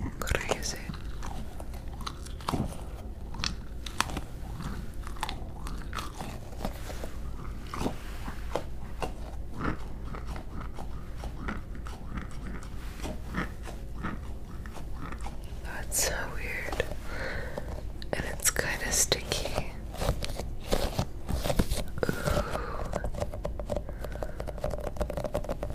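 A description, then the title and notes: Fidget toys are handled, giving a dense, irregular run of crisp clicks, pops and crunchy snaps throughout. From about 16 seconds, squeaky, rubbery rubbing sounds join in, while a low steady hum sits underneath. ASMR Fidget Toys.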